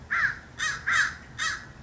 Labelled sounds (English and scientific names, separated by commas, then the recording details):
American Crow (Corvus brachyrhynchos)
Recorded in Sonoma County, California